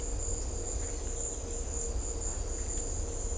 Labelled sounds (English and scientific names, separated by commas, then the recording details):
none
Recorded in secondary vegetation near Puerto Asís, Putumayo, Colombia, on 18 December 2024 at 17:00
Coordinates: 0.500, -76.326
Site G065